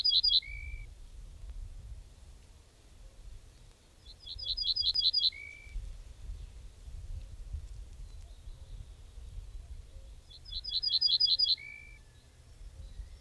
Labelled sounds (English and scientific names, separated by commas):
Ortolan Bunting (Emberiza hortulana) song